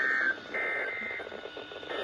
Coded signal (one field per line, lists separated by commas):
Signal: Emergency Alert System (SAME) tones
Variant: end-of-message bursts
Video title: EAS #674-677 Severe Thunderstorm Warning